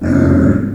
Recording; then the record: squeal of a Yucatan mini pig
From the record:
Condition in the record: after surgery on the right vocal fold (resection and tissue-engineered implant); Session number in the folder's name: 7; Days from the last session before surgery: 47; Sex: female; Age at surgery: 19 weeks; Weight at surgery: 25 kg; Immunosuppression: prednisolone